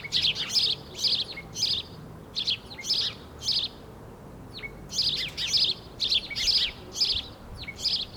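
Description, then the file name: House sparrow calling with repeated rough chirps, about two per second in loose bursts, with a brief pause midway before the chirping resumes. "Passer domesticus"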